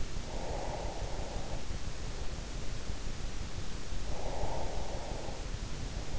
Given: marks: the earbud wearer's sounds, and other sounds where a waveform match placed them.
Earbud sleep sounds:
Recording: sounds in sleep by an in-ear microphone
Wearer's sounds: breath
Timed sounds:
0.08-2.06 s: breath
4.00-5.87 s: breath

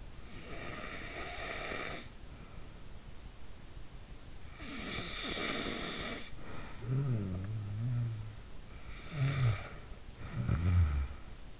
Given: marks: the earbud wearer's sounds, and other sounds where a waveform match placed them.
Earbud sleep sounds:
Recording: sounds in sleep by an in-ear microphone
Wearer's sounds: breath, snoring breath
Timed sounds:
0.00-2.86 s: breath
4.23-8.40 s: snoring breath
8.63-11.60 s: snoring breath

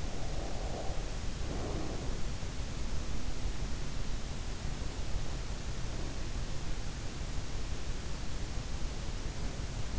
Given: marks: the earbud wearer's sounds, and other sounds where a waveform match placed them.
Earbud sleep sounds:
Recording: sounds in sleep by an in-ear microphone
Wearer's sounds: breath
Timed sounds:
0.00-2.06 s: breath

